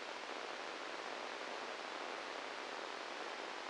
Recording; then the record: brain microelectrode recording played as sound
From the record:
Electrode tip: inside the subthalamic nucleus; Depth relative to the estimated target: 2 mm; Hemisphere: right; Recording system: NeuroSet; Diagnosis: Parkinson's disease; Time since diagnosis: 15 years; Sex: female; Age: 59 years